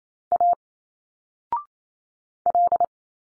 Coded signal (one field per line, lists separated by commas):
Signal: Morse code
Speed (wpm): 28 wpm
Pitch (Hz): 700 Hz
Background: none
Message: A L